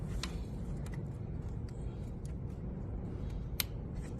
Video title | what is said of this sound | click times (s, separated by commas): Blessed Performance Installs Holders Fuel Injectors in MERICA - 2003 6.0L Powerstroke | listen for it to pop into place you know I just give a little snug back make sure it's in place it's not the end of the world | 3.6 s